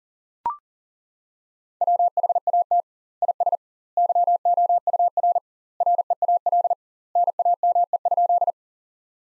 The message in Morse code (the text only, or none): WHAT IS YOUR REAL NAME?